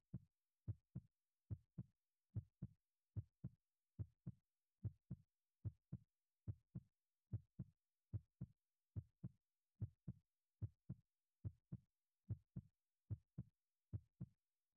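Steady, regular heartbeat at about 73 beats per minute, each beat a soft paired thump (lub-dub), with the first sound slightly stronger. Low-pitched and muffled, as if heard with an ear against the chest, in a quiet room with no other sounds.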